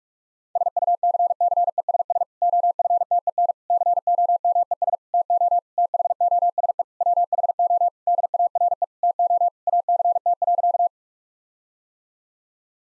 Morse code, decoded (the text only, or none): SUCCESS OFTEN COMES TO THOSE WHO DARE TO ACT.